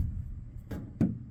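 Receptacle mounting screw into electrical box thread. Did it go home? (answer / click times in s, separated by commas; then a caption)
yes / 1.0 s. A metal receptacle mounting screw is turned backwards into the thread of an electrical box until the thread catches, and then it is driven in. A softer tick is heard at 0.7 s, then a sharp click at 1.0 s as the thread engages and the screw seats.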